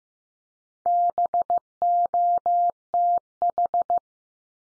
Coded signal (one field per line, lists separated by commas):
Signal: Morse code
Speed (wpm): 15 wpm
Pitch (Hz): 700 Hz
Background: none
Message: BOTH